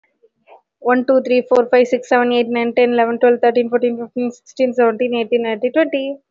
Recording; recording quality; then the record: counting at a fast pace; excellent, no background noise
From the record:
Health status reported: COVID-19 positive, no symptoms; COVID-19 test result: positive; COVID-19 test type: RT-PCR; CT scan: not taken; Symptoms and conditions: cough, cold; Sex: female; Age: 24 years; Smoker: no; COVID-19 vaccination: none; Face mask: worn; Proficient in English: yes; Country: India